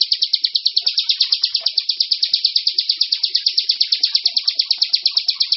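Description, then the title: Bar-winged prinia song, a steady rapid series of identical chirps repeated without a break. "Suara Burung Ciblek"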